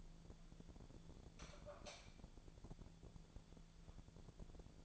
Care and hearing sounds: daily activity, microphone in the room; light on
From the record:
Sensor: 5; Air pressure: 1000.1 hPa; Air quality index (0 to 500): 100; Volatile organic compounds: 1 ppm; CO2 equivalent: 813 ppm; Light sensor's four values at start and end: 237/563/241/267 and 238/567/242/268

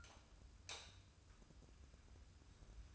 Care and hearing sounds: daily activity, microphone in the room; light off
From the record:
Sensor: 2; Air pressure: 994.3 hPa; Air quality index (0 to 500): 215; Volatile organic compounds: 1000 ppm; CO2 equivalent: 7136 ppm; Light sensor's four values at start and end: 131/318/133/137 and 124/295/124/128

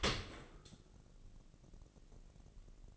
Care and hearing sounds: daily activity, microphone in the room; open dishwasher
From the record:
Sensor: 4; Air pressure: 1013.2 hPa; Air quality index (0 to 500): 173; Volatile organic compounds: 2 ppm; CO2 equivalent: 1092 ppm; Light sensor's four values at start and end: 71/175/72/73 and 71/175/72/73

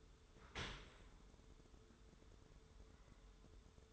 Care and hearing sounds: daily activity, microphone in the room; open dishwasher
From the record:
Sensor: 3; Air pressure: 1014.9 hPa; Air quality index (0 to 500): 39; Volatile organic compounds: 1 ppm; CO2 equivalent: 588 ppm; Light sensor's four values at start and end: 12/27/11/11 and 12/27/11/11

